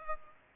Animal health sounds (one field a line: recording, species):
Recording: mosquito wingbeat signal from an infrared sensor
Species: Aedes aegypti